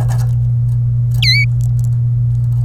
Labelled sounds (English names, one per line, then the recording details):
Domestic Canary song
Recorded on 27 April 2018 at 14:04
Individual llb3